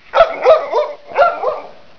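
Dog barking, two short bursts of barks about a second apart, no other sounds.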